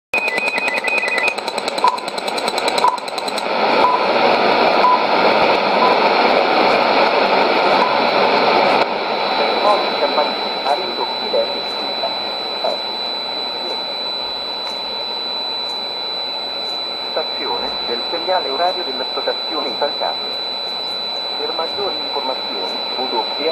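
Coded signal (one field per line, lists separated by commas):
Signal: radio time signal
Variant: ItalCable, Italian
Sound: short 1 kHz ticks each second in heavy hiss, with some faint voice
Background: radio static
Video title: 08 10 2016 Time Signal Station ItalCable in Italian 1000 on 10000 CUSB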